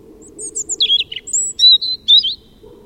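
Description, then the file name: European robin song: a short phrase of thin, very high whistles dropping into a brief trill, then clear, sustained piping notes. "Erithacus rubecula"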